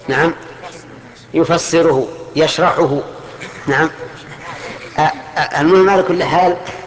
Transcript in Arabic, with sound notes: نعم؟
يُفسّره.
يفسّره، يشرحه (ضحك الحضور) نعم، المهم على كل حال